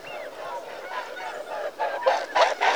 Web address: BBC Sound Effects Library - Birds - Mute Swan (Cygnus Olor) Calls